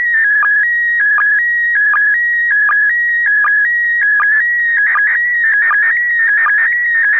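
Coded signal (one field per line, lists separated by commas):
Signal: SSTV (slow-scan television)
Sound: warbling tone shifting between two pitches, with a short low blip every 0.77 seconds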